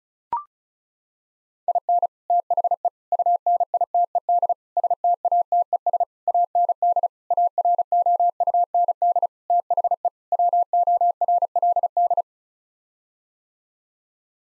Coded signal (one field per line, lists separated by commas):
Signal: Morse code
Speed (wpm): 36 wpm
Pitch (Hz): 700 Hz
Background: none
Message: IN THE UNITED STATES AND AROUND THE WORLD